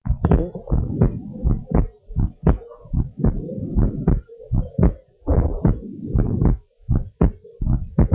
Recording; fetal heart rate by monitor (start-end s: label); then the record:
heart sounds of a pregnant woman by stethoscope
no fetal heartbeat
From the record:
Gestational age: 38 weeks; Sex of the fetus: girl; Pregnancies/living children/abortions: 2/1/0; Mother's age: 31 years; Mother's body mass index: 30.8